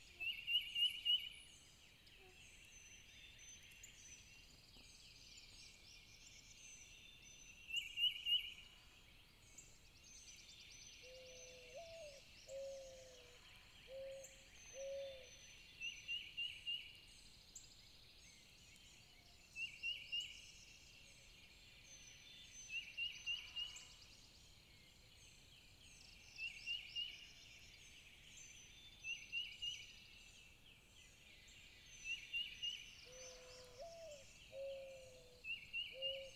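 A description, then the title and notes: Early-morning birds call busily over a low outdoor hum, bright chirping bursts every few seconds and a lower repeated three-note call twice. At 6:00 am on an April morning it gets pretty noisy on Wadmalaw island. Soundcast: Camping On Wadmalaw. It gets pretty noisy on Wadmalaw island. Whether looking for mates, defending turf, or pecking for breakfast, these early birds truly rise and shine.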